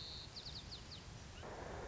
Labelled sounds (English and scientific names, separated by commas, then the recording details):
White-crowned Sparrow (Zonotrichia leucophrys)
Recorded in Sonoma County, California